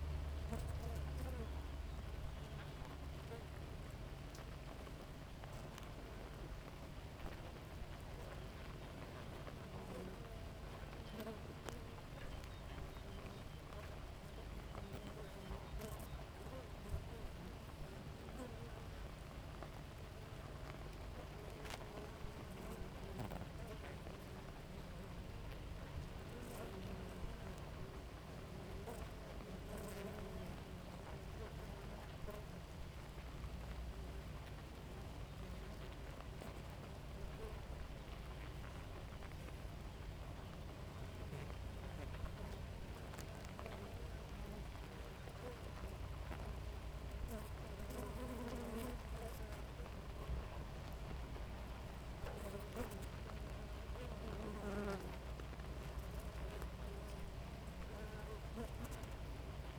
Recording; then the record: honeybee colony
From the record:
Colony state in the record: active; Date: 28 July 2017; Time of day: 4:56